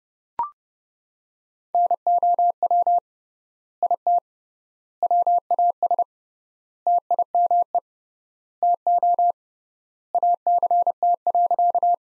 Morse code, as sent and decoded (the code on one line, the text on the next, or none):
-. --- .-- / .. - / .-- .- ... / - .. -- . / - --- / .- -.-. - .-.-.-
NOW IT WAS TIME TO ACT.